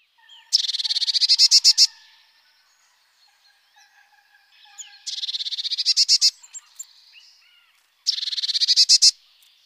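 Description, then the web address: Eurasian blue tit churring scold calls, three rapid buzzy chattering bursts of about a second each, with faint background chirps between them. "Mesange bleue"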